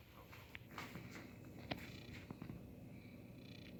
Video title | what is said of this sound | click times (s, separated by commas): How to make bread with a bread maker | and turn it clockwise to make sure it clicks in well | 0.6 s, 1.7 s